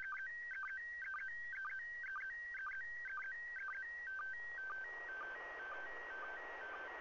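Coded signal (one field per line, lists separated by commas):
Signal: SSTV (slow-scan television)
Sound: warbling tone hopping between pitches with quick low blips, growing static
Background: radio static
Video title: ISS Pass SSTV Oct 28 2018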